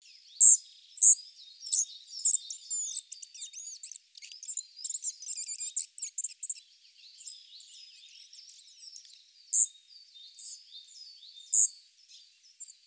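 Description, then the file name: Spotted flycatcher calling: loud sharp chips, then a dense stretch of rapid scratchy, high twittering notes, returning to spaced chips. Recorded in Sardinia. "GOBE MOUCHE GRIS ORIGINAL SARDE"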